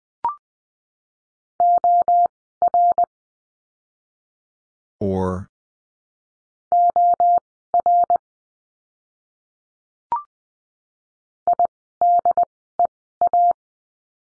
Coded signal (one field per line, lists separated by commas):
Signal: Morse code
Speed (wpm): 20 wpm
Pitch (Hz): 700 Hz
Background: none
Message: OR OR IDEA